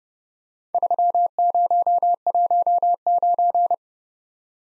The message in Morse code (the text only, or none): 3019